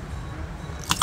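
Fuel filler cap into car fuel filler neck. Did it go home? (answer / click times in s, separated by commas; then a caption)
yes / 0.8 s, 0.9 s, 1.0 s. A teen driver twists a car's fuel filler cap to the right in the fuel filler neck until its ratchet clicks, with music playing in the background. Sharp ratchet clicks are heard at 0.8, 0.9 and 1.0 seconds. The cap ratchets closed and is seated.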